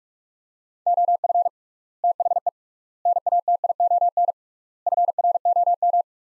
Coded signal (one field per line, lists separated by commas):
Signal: Morse code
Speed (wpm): 44 wpm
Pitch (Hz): 700 Hz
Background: none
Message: OF THE NATION FROM